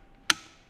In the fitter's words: this thing slides all the way down and it's going to grab the string you're going to hear a click